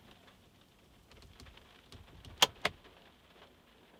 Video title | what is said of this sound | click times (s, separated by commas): How To Work Steering Wheel Lock (Nissan Primera P12) | turn the wheel one sixth of rotation clockwise until it clicks | 2.4 s